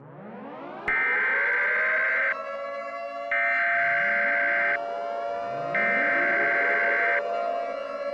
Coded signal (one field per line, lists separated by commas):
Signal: Emergency Alert System (SAME) tones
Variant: header bursts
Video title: EAS Scenario #11: Mickey Error 7 Well Its Still Going